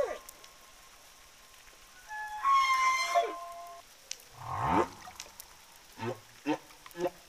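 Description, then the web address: Humpback whale sounds: steady tonal notes, a sweeping growl, then a few short pulsed grunts. Southern Indian Ocean humpback whales; the source reports they sing different tunes. "southern-indian-ocean-humpbacks-singing-different-tunes attachment whale songs"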